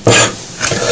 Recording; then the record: coughing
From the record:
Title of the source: Cough Around the Clock!